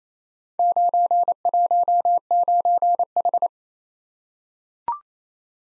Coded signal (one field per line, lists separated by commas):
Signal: Morse code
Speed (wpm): 28 wpm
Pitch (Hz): 700 Hz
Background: none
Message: 919H